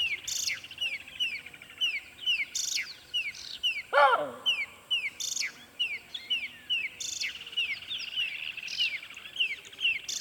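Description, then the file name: Baboon giving one loud, harsh bark midway, set against steady chirping and repeated whistled bird songs throughout. Close baboon recorded with birds singing. "Digiffects Sound Effects Library - Close Baboon with Birds Singing"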